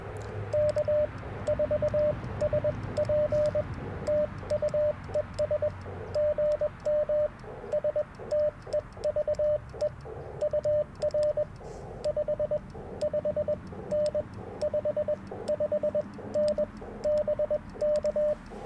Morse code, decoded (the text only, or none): K4SP TU ES GM STEVE UR 55N 55N BK